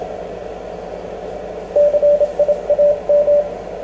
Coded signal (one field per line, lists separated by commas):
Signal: Morse code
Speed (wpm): 26 wpm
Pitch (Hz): 590 Hz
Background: radio noise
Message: CIAM